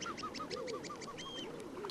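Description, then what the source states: Common Shelduck calling, a rapid series of short whistled notes, with a lower grunting sound beneath and a brief clear tone. Played as the nature sound of week 14; likened to a tractor with engine trouble starting up.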